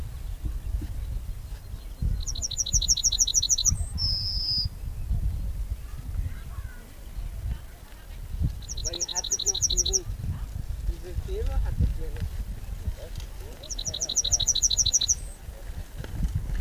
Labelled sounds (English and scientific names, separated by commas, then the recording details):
Yellowhammer (Emberiza citrinella) song
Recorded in the wild
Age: adult
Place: Lübars (Fließtal), Berlin, DE
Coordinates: 52.6167, 13.35
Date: 2001-05-01 13:02
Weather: sonnig, 23°C, windig
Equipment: Nagra SN, Kopie Uher 4000 Report Monitor
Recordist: Tembrock, Günter